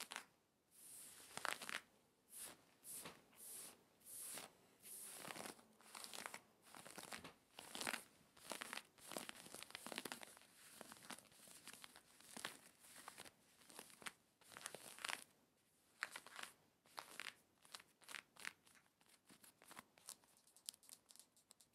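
Aggressive scratching on jeans, a rapid series of rough, hissing strokes that run almost without pause for the full twenty-two seconds. Each stroke is bright and scratchy, with short crinkly crunches mixed in, and the rhythm stays fast and slightly uneven throughout.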